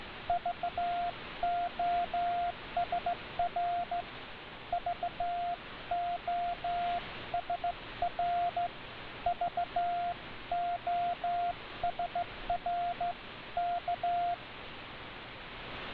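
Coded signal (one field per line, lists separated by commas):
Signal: Morse code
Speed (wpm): 16 wpm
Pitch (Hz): 700 Hz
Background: radio noise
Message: VOSR VOSR VOSR K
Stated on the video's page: Shortwave broadcast on 9455 kHz received on a Drake R8 with an MLA-30+ antenna during a minor geomagnetic storm, Kp 5; reception improves later.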